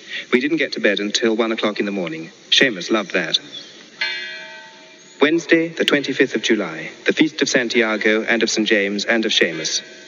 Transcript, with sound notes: We didn’t get to bed, till one o’clock in the morning. Seamus loved that. (BELLS) Wednesday 25th July. The Feast of Santiago and of Saint James and of Seamus.